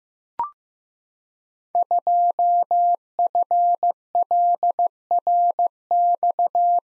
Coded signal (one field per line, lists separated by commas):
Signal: Morse code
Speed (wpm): 15 wpm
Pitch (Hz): 700 Hz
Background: none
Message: 2FLRX